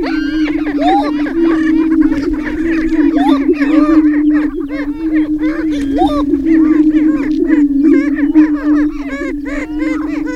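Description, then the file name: Greater prairie chicken booming chorus, a continuous low resonant drone, with frequent sharp cackles, whoops and squeals from several birds scattered throughout. 6 May 2005; booming display. "2005-05-06 Greater Prairie Chicken Booming"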